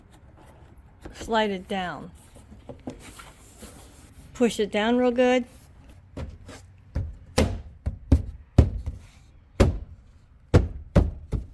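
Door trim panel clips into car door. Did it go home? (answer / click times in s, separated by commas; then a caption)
yes / 8.1 s, 8.6 s, 9.6 s, 11.0 s. Someone talks while a Kia Niro door trim panel, reinstalled during a window switch replacement, is hung at the top, slid down and pushed firmly into the car door. Sharp clicks come at 8.1, 8.6, 9.6 and 11.0 seconds as its plastic retaining clips snap in, and the panel is seated.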